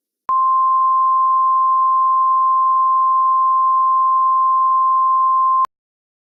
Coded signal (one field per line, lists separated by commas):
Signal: Emergency Alert System (SAME) tones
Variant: 1050 Hz attention tone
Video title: EAS Scenario: Under the Moon's Light Part 2